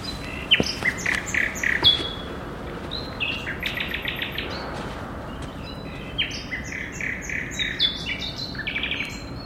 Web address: odglosy-zwierzat-i-dzwieki-zwierzat 17 h 21 m 54 s 22 apr 2013-koncert-na-dwa-słowiki-i-cywilizację